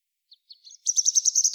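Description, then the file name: European robin high, thin song phrase: a few soft scattered notes, then a fast run of bright, evenly repeated chirps near the top of its range. "Erithacus rubecula"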